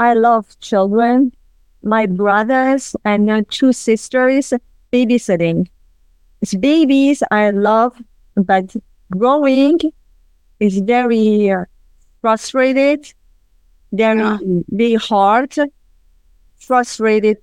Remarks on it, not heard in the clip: She had global aphasia, completely paralyzed on the right side. They didn't think she would walk or speak ever again. She lost the ability to understand and internal dialogue.